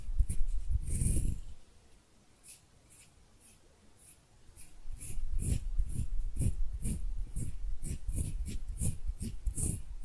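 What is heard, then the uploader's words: Hand sounds: a rubbing burst near the start, a quiet pause, then steady rhythmic swishing strokes with soft low thumps, about two per second. ASMR Relaxing Hand Sounds (No Talking).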